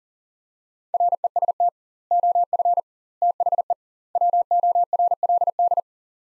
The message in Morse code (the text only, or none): REST OF THE WORLD